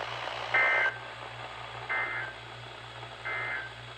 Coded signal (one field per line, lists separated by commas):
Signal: Emergency Alert System (SAME) tones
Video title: EAS Wonderland (2) Alerts from 7/2/22 (EAS #281 - 285)